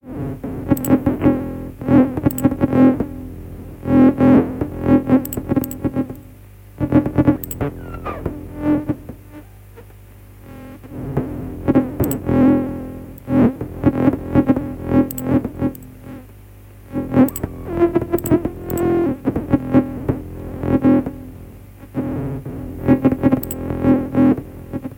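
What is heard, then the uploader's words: An imaginary insect sound built from rapid buzzing, chirring pulses that come in dense bursts, each lasting a few seconds, with brief quieter gaps around 7 to 11 and 16 seconds. The tone is mid-pitched with a steady low hum underneath and occasional sharp bright clicks. An imaginary sound of an insect. I utilised a little 100hp eurorack system to inter-mangle three different oscillators and process and mix the results in a slight fashion.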